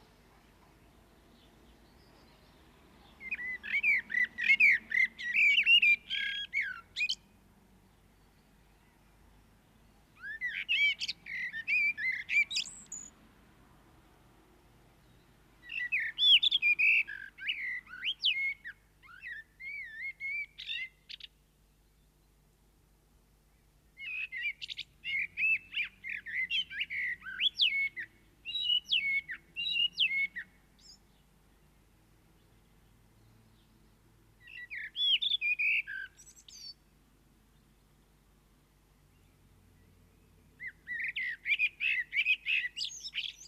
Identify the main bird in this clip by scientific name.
Turdus merula